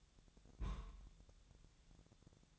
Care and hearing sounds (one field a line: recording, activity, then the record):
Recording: daily activity, microphone in the room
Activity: place on stove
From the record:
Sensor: 3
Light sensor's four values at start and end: 7/17/7/6 and 7/17/7/6